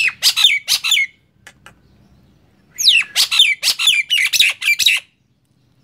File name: suara jalak nias